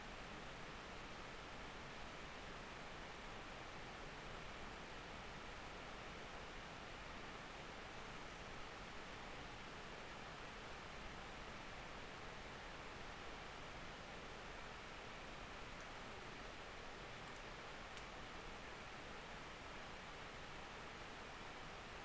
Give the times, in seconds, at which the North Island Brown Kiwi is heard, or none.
none